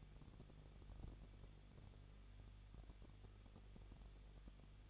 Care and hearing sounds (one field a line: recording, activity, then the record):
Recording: daily activity, microphone in the room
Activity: no activity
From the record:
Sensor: 4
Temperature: 23.1 degrees Celsius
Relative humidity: 34.0%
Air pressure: 1007.2 hPa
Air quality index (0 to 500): 215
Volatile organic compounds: 15 ppm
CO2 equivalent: 2490 ppm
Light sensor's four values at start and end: 2/3/1/1 and 2/3/1/1